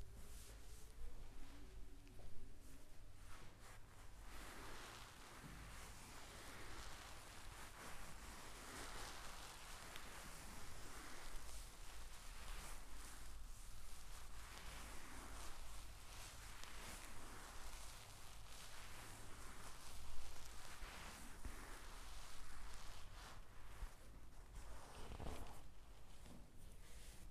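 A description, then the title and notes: A chair massage: hands rub and knead against fabric in a dense, continuous rustle with a loose, repeating rhythm of strokes. A low, steady hum sits underneath, with a slightly louder stroke around 20 seconds and a brief thump near 25 seconds. ASMR relaxing chair massage for deep sleep.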